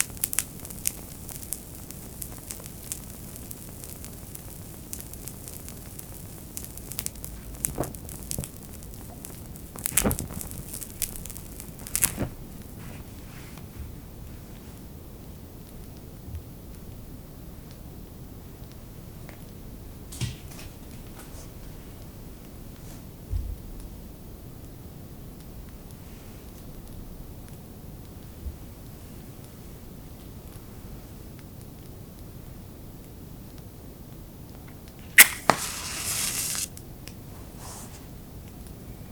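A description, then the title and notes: A Chinese fire massage, mostly quiet with a low, steady rumbling hiss underneath. Brief sharp whooshes break through now and then, around 10, 12 and 20 seconds, with the loudest, longest burst near 35 seconds. ASMR Chinese Fire Massage.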